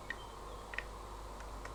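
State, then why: Not seated. A coin turns the brushroll end cap locking tab clockwise on a Dyson vacuum cleaner head, producing a few faint, short ticks of handling over a steady low background hum. Nothing has clicked or locked into place yet.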